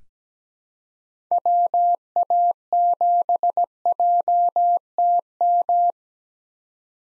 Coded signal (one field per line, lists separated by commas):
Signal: Morse code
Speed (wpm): 17 wpm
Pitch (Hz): 700 Hz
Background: none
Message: WA7JTM